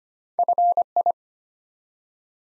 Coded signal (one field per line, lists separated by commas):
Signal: Morse code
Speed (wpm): 25 wpm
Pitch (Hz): 700 Hz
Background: none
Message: FI